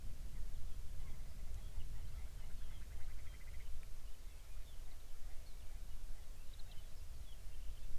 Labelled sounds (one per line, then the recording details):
songbird
grouse or ptarmigan
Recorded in the Arctic National Wildlife Refuge, Alaska, on 23 May 2019 at 05:18
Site 49